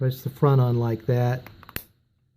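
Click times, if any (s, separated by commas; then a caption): 1.7 s, 1.8 s. Someone talks while the plastic front half of a Toyota 4-button car remote key replacement case is pressed onto the back half, which sits on the table. The halves snap shut with sharp clicks at 1.7 and 1.8 seconds, giving a tight, sealed fit all the way around.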